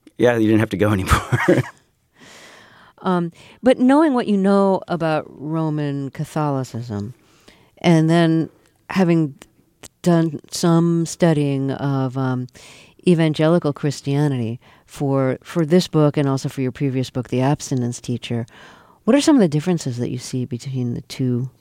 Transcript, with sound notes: Yeah, you didn't have to go anymore.
(SOUNDBITE OF LAUGHTER)
But knowing what you know about Roman Catholicism and then having done some studying of evangelical Christianity for this book and also for your previous book "The Abstinence Teacher," what are some of the differences that you see between